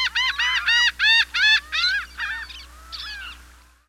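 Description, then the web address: Laughing gull giving a series of harsh, nasal 'ha' notes, about three per second, fading and slowing toward the end. "101 Bird Songs. Laughing Gull"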